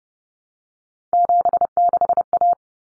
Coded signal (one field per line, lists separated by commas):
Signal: Morse code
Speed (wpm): 30 wpm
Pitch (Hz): 700 Hz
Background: none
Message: 76A